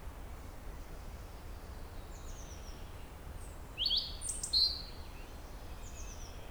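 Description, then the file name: European robin uttering one brief, loud burst of high, sharp twittering notes midway, with faint thin whistles before and after against a hissing background. "Erithacus rubecula"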